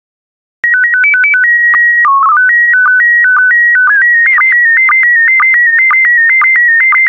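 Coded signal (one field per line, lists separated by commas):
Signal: SSTV (slow-scan television)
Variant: PD 120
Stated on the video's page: SSTV PD120 images for daily decoding practice, with images from Corel photo collection.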